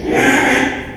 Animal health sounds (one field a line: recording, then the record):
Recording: squeal of a Yucatan mini pig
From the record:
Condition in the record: after surgery on the right vocal fold (resection and tissue-engineered implant)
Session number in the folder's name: 3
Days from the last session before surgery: 33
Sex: male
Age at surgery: 12 weeks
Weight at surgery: 13 kg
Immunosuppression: cyclosporine, prednisolone